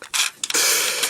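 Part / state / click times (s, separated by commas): toy zord piece into combiner robot body / not seated / none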